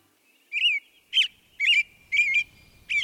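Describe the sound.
American robin giving five high, clear chirping calls, each slightly slurred, about half a second apart over a quiet background.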